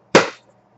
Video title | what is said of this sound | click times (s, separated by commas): Corsair Gaming M65 RGB Review comparing the 2012 Razer Imperator | The box has a magnet in here, so if you do that, you can kind of hear it click | 0.2 s